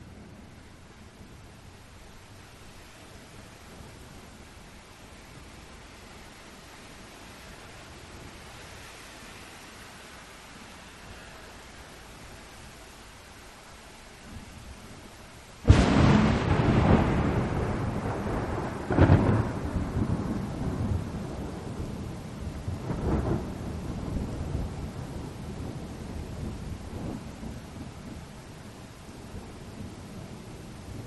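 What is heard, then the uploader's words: Thunder breaks at about fifteen seconds with a sudden loud crack, then rolls and rumbles low for the rest of the recording, with further bursts near nineteen and twenty-three seconds. Before it, a quiet steady hiss of rain fills the background. Filled with relaxing thunder and rain sounds.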